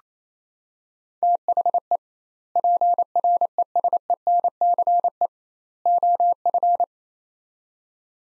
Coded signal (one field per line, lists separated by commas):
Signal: Morse code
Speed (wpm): 28 wpm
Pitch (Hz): 700 Hz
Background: none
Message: THE PRESENCE OF